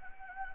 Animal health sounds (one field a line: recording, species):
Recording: mosquito wingbeat signal from an infrared sensor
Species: Anopheles gambiae